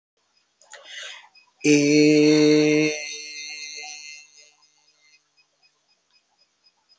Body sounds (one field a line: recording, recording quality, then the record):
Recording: sustained vowel as in made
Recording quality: excellent, no background noise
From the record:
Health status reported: healthy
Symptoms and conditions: none ticked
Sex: male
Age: 27 years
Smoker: not ticked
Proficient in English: yes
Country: India